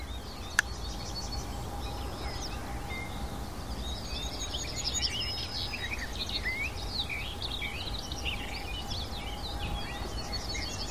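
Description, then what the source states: Barred Warbler song: a sustained chattering warble of quick, scratchy and whistled notes, with a sharp click early on and a steady low hum beneath. Male singing persistently, including a song flight, in a sea of flowers under warm sunshine amid many other bird species.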